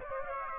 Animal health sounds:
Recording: mosquito wingbeat signal from an infrared sensor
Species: Aedes aegypti

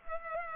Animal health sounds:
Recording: mosquito wingbeat signal from an infrared sensor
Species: Culex pipiens

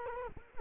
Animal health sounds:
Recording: mosquito wingbeat signal from an infrared sensor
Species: Culex quinquefasciatus

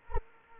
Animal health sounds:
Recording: mosquito wingbeat signal from an infrared sensor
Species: Anopheles arabiensis

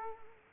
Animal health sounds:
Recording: mosquito wingbeat signal from an infrared sensor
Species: Culex quinquefasciatus

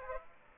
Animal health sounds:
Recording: mosquito wingbeat signal from an infrared sensor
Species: Aedes aegypti

